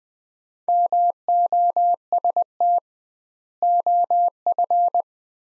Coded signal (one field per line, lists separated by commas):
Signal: Morse code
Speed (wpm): 20 wpm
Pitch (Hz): 700 Hz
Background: none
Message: MOST OF